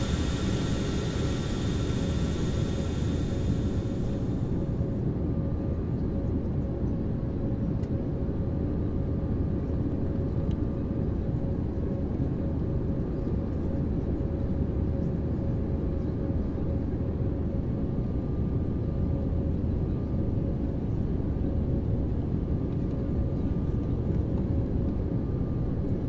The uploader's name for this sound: Airplane Fight, Take Off, Landing, Ding Sounds, Ambient, White Noise